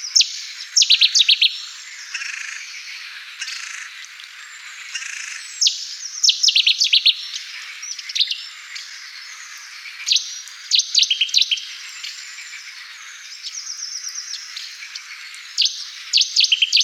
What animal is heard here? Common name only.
Cetti's Warbler